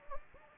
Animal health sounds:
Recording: mosquito wingbeat signal from an infrared sensor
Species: Anopheles gambiae

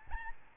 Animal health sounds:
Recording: mosquito wingbeat signal from an infrared sensor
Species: Aedes albopictus

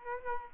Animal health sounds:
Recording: mosquito wingbeat signal from an infrared sensor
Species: Aedes aegypti

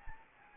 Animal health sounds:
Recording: mosquito wingbeat signal from an infrared sensor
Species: Anopheles gambiae

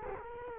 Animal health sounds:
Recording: mosquito wingbeat signal from an infrared sensor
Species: Culex quinquefasciatus

